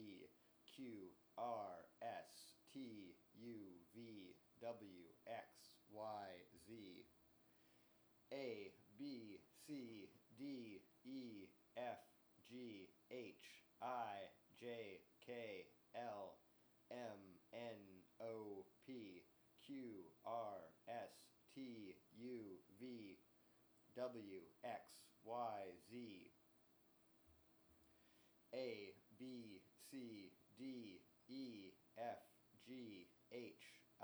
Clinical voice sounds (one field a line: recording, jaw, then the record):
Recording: letters of the alphabet, spoken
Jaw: free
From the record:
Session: seven days later